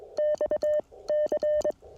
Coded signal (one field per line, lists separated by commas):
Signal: Morse code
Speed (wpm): 23 wpm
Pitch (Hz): 600 Hz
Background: none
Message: X C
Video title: Frosty CW POTA Activation With My 1928 Vibroplex Lightning